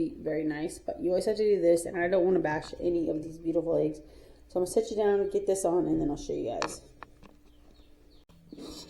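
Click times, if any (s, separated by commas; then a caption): 7.0 s. Someone talks while the plastic top section of an egg incubator is set back onto its base over the eggs, taking care not to bash the eggs. The lid is pressed down and clicks into place at 7.0 s, leaving it well seated.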